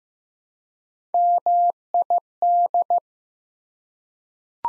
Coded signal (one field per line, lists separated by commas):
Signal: Morse code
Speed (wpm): 15 wpm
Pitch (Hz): 700 Hz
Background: none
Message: MID